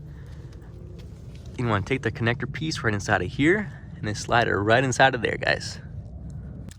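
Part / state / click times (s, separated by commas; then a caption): wiring connector into LED side marker socket / seated / 6.7 s. On a 2016-23 Camaro, the wiring connector is slid into the socket of a smoked dual LED side marker while someone talks over a low background hum. A short, sharp click at 6.7 s marks the connector seating, plugged in.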